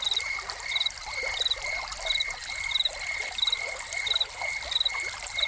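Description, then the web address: Cricket chirping in short, sharp bursts at a steady pace, heard against splashing, trickling fountain water. Crickets recorded together with a fountain. "Soundscapes Crickets and Fountain"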